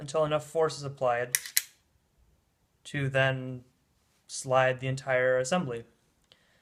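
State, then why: Seated. Someone talks as a dart launcher assembly on a wrist-mounted Nerf Wrist Rocket foam-dart blaster, held by a small spring-loaded pin inside a stationary plastic part, is pushed with enough force to slide along that part into its extended position. A short, faint click at 6.3 s marks the spring-pin lock seating and holding the launcher in place.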